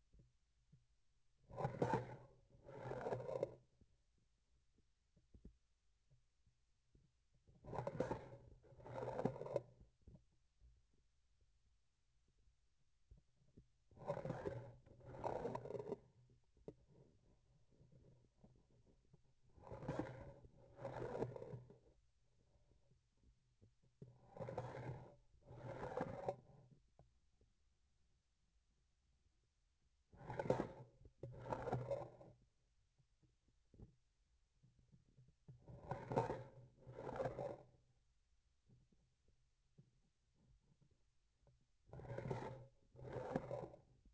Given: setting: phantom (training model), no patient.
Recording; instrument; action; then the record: laparoscopic instrument, vibration sensor on the handle end; grasping forceps; approaching and retracting movements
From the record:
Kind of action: spatial motion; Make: other than Olympus